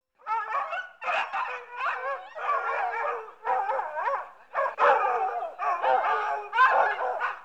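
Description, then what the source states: Bloodhounds baying and howling, several dogs calling together in overlapping, wavering drawn-out howls, almost continuous with brief gaps. A pack of bloodhounds.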